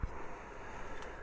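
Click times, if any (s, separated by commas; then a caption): none. A folding plastic section of a Maketoys Gundog (Hound) transforming collector figure is swung down during its robot-to-vehicle transformation, producing soft plastic handling noise over a low background rumble. Nothing has seated or locked into the body yet.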